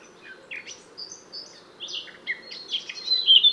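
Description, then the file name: Eurasian blackcap warbling, starting with soft scratchy twitters and building into a louder run of varied whistles and chirps. "Sylvia atricapilla"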